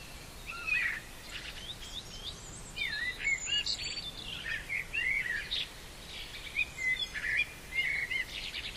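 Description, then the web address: Common blackbird singing varied warbled and fluted phrases broken by short pauses, with thin high twitters. Recorded at Bory in 2020. "bory 2020 Kos Cerny"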